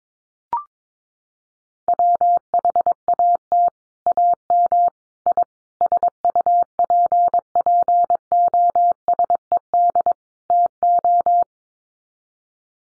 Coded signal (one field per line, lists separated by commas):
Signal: Morse code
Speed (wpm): 22 wpm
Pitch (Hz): 700 Hz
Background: none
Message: WHAT AM I SUPPOSED TO